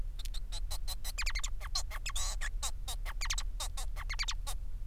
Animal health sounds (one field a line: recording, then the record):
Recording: song of a male Bengalese finch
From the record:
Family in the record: son of father 4